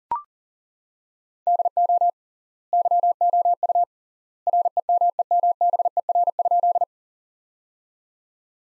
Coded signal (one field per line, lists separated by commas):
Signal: Morse code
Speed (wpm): 40 wpm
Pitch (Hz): 700 Hz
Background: none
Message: DO YOU REMEMBER?